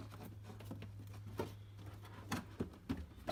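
During ice maker repair on a Samsung RF268ABRS side-by-side refrigerator that is not making ice, a plastic ice maker part is handled and pushed toward its mount in the refrigerator housing. A steady low hum runs throughout, with several light plastic taps and knocks around 1.4, 2.3, 2.6, 2.9 and 3.3 seconds. Nothing has seated or snapped into place yet.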